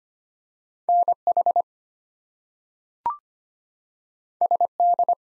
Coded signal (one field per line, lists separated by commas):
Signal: Morse code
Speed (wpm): 25 wpm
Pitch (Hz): 700 Hz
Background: none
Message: NH SD